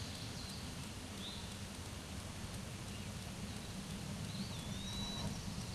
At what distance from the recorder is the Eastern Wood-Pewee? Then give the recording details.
about 70 m. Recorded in a Pennsylvania forest on 18 May 2023 at 14:11. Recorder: AudioMoth, point grid1_35_low. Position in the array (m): 207 m, 191 m